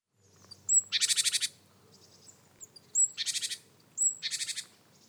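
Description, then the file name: Great tit scolding: three harsh, rapidly pulsed churrs, the later ones each introduced by a brief high thin note. "Parus major"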